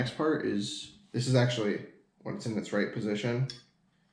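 Someone talks while handling the metal gas tube retaining lever on an AK-pattern rifle receiver during disassembly, moving it toward its locked position. Only speech is heard, and the clip ends before the lever locks into place, so nothing has seated or clicked yet.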